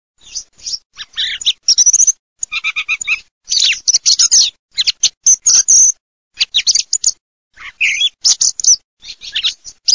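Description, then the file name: Thrush song: a varied run of short whistled and chattering phrases, many sweeping between mid and high pitch, delivered in quick bursts with brief pauses between them. "TORDOS"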